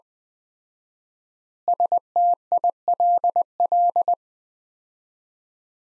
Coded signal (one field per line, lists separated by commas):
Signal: Morse code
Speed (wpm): 20 wpm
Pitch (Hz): 700 Hz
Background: none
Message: STILL